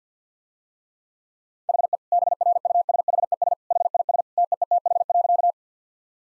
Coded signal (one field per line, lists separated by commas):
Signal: Morse code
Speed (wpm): 50 wpm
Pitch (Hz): 700 Hz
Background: none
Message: HE BRUSHES HIS TEETH.